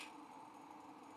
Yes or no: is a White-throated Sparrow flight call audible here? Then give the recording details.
no. No flight call is heard. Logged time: 11:42 on 5 December 2014